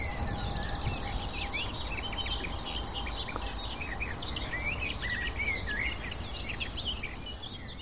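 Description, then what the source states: Barred Warbler song, a long chattering, scratchy warble of rapid varied notes delivered without pause, with low background rumble. Male singing persistently amid a sea of blossoms in warm sunshine.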